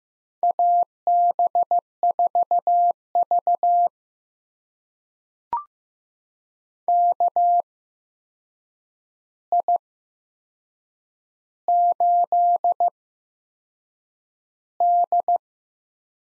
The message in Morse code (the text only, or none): AB4V KI8D